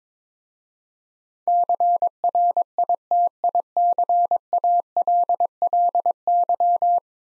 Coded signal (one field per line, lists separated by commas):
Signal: Morse code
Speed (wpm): 22 wpm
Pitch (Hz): 700 Hz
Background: none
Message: CRITICALLY